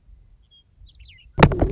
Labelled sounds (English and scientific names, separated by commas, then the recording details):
Western Meadowlark (Sturnella neglecta)
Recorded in Sonoma County, California